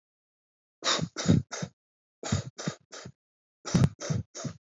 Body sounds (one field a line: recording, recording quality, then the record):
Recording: shallow voluntary cough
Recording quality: excellent, no background noise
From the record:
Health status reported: respiratory illness, not identified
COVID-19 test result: not tested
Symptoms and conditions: breathing difficulty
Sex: male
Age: 22 years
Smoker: not ticked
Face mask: not worn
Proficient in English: yes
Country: India